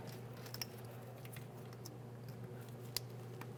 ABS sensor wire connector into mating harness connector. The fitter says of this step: press that in listen for a click give it a little tug